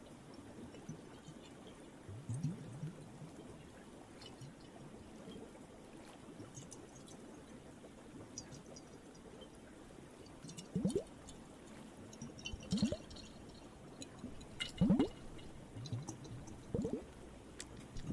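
Ocean water laps and trickles over a low, steady wash. Small splashes and gurgles break through every couple of seconds, growing more frequent after about ten seconds, with bright little drips and pops scattered on top.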